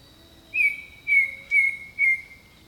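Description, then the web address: Bird song of four sustained whistled notes at an even pitch, spaced roughly half a second apart, with steady high insect buzzing behind. Jungle birdsong. "Echoes of Nature - Jungle Talk 01 Jungle Birdsong"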